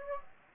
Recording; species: mosquito wingbeat signal from an infrared sensor; Anopheles gambiae